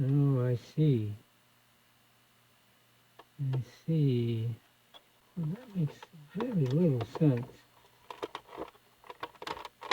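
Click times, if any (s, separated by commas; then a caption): none. Someone talks while working a mechanism part in the cassette deck of a Radio Shack 12-696 AM/FM radio cassette player under repair; the part is not all the way in on one side. Short, sharp handling ticks come near 8.4, 9.2, 9.5 and 9.9 seconds. Nothing has seated or clicked into place yet.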